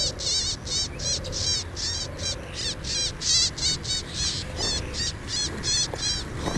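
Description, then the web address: Lesser grey shrike giving harsh, high, buzzy chattering phrases, repeated about three times a second without pause, with a low rumble beneath. "Averla cenerina"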